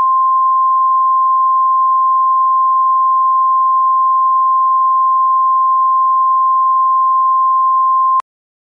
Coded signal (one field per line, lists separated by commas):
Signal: Emergency Alert System (SAME) tones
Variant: 1050 Hz attention tone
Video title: The Weather Channel (TWC) in HD EAS Test